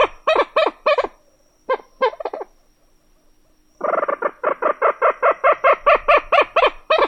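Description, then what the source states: Common Moorhen cackling: a few sharp nasal notes, a long pause, then a long, even run of rapid harsh notes. Nasal, high-pitched, inquisitive-sounding cackle given from a usually concealed position; sharper and higher than American coot; also sharp keck notes.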